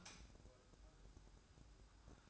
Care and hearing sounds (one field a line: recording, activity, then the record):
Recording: daily activity, microphone in the room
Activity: light off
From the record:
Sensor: 2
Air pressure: 1007.7 hPa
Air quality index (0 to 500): 82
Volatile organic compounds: 1 ppm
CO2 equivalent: 653 ppm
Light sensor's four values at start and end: 7/16/7/7 and 7/16/7/7